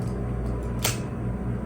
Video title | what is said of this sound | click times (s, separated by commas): Unboxing New Nikon Z8 camera - My first mirrorless camera #nikon | there we go so I'll just hear the click | 0.8 s